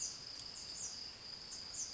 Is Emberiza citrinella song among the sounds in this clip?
no